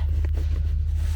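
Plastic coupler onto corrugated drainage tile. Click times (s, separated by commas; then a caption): 0.2 s, 0.3 s. A plastic coupler is pushed further onto corrugated drainage tile, and its internal clips catch the tile's grooves with a quick double snap at about 0.3 seconds. A steady low hum runs underneath throughout. The coupler is seated, and the connection is good.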